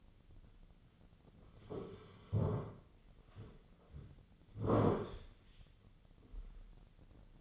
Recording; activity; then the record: daily activity, microphone in the room; sit down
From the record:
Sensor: 4